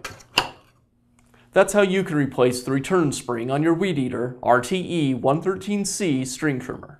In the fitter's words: and then the spool just snaps in place